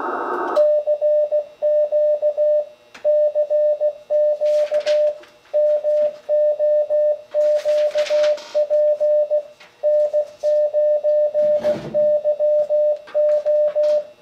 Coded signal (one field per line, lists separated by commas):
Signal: Morse code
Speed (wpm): 17 wpm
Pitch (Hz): 600 Hz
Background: radio noise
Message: CQ CQ MOQP N9YO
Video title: ICOM-7300 | Ham Radio Contest | MO QSO Party | IC-7300 | VIDEO 2 OF 3